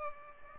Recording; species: mosquito wingbeat signal from an infrared sensor; Culex pipiens